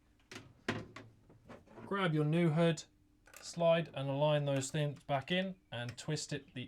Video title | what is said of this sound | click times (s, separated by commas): Exo Terra sent us the NEW Unreleased T5 UVB Bulbs & Hoods! (Review) | You twist till you hear a little click. They pop out. | 0.7 s